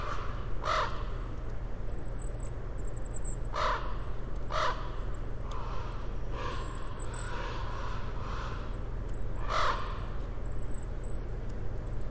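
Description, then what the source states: Bird giving several harsh, crow-like caws at irregular intervals, with thin high chirps and a steady low hum in the background. Recorded 2008-10-26.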